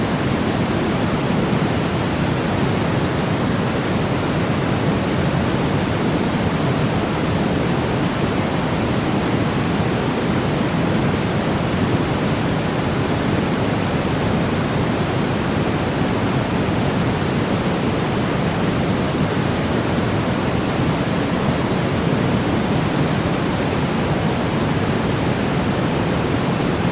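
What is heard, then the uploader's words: White noise plays as a steady, unbroken hiss for the whole recording, with no changes in level or texture. The sound is full and dense, weighted toward a deeper rushing tone, like a waterfall, with the topmost highs cut away. White noise for Relaxation and Crying Babies | Sweet hush sounds to go to sleep.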